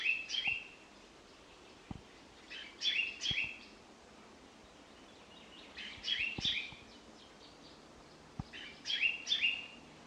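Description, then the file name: Common chaffinch calls: short bright notes in clusters of two or three, repeating about every three seconds, with a few faint clicks in between. "Fringilla coelebs"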